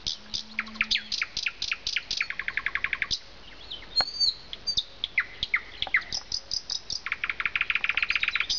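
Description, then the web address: Nightingale song: rapid repeated clicking notes, a fast run of even pulses, a pure whistle, then a long dense rattling trill, phrases separated by short pauses. "zvuki ptic solovey"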